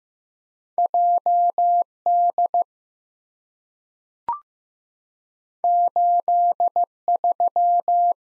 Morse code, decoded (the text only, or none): JD 83